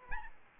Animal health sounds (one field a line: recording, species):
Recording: mosquito wingbeat signal from an infrared sensor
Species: Aedes albopictus